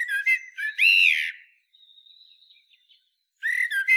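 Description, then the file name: Eurasian blackbird song: a loud, warbled whistled note ends a phrase, a thin faint whistle follows during a pause, then a new fluty phrase begins. "Turdus merula"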